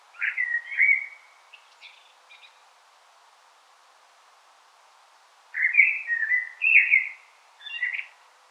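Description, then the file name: Common blackbird gives a mellow fluted phrase trailing into soft high twitters, then after a pause a longer warbling phrase. "Turdus merula"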